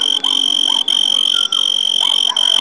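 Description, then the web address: Cicadas producing a continuous shrill, high buzzing drone that briefly drops out about every two-thirds of a second. Cicadas heard in hot weather. "Zero-G Ambient 1 HOT INSECTS CICADAS"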